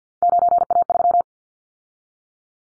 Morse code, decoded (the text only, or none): 9A3